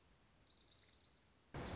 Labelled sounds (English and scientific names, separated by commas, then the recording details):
Orange-crowned Warbler (Leiothlypis celata)
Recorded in Sonoma County, California